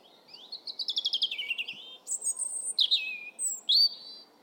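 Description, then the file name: European robin song: a fast rattling trill of high notes, then sharp high whistles and thin falling phrases in quick succession, over low background hiss. "Erithacus rubecula"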